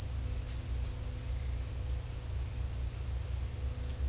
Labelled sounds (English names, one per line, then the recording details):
none
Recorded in dense forest near Puerto Asís, Putumayo, Colombia, on 16 December 2024 at 13:00
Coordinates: 0.467, -76.328
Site GP05